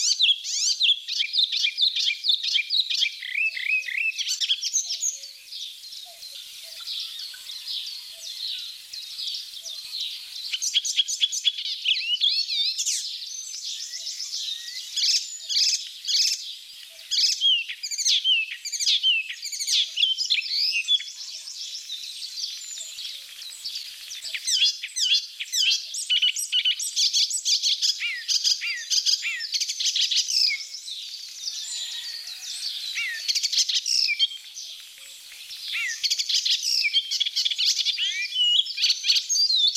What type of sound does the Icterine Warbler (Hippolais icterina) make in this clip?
song